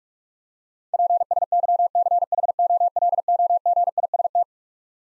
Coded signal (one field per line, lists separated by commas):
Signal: Morse code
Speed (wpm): 44 wpm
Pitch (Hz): 700 Hz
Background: none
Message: PSYCHOLOGIST